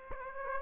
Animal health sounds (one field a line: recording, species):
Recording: mosquito wingbeat signal from an infrared sensor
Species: Aedes aegypti